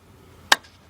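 On a 2001 Jeep Grand Cherokee Laredo 4.0, the first throttle linkage rod end is pulled forward off its ball stud on the throttle body while the throttle is held closed. A single loud, sharp snap sounds at 0.5 s against a quiet background, and the rod end is released from the ball stud.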